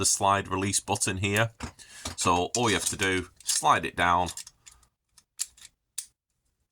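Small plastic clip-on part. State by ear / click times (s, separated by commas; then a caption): seated / 6.0 s. Someone talks while a 3D printed plastic compensator is slid down onto an airsoft pistol frame, designed to clip around the slide release button. A few faint ticks follow, then a sharp click at 6.0 s as it clips on and locks in place.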